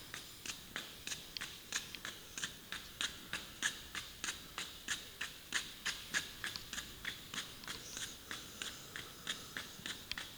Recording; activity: daily activity, guitar pickup as the sensor; run